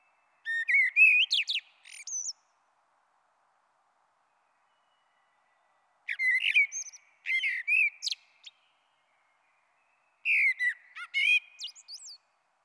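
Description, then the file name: Common blackbird song of three separate melodious whistled phrases, each trailing off into high chattering twitters, with silent pauses between them. "Merle Noir"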